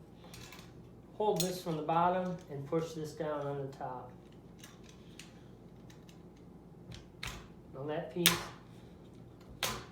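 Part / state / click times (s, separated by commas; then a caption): plastic rack adjuster piece onto dishwasher upper rack / seated / 9.6 s. A plastic piece of a dishwasher's upper-rack adjuster is pushed down onto the upper rack while someone talks, with small plastic taps and clatters throughout. The piece clicks into place at 9.6 seconds and is seated on the rack.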